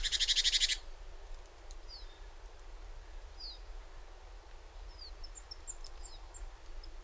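Great tit giving a single harsh, buzzy pulsed churr lasting under a second, followed by faint thin chirps against a low steady hum.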